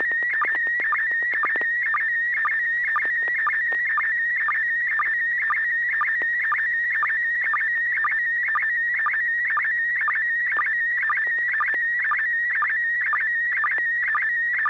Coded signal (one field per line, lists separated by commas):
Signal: SSTV (slow-scan television)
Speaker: Affirm, you got a tone. AI6DG, KL7H2R,